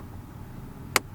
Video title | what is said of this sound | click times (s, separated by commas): Cabin Air Filter Replacement for a 2022 Hyundai Tucson | push the right side in and snap it | 1.0 s